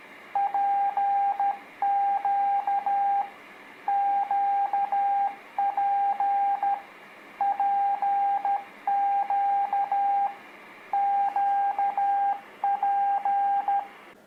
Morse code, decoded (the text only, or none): PQ QP PQ QP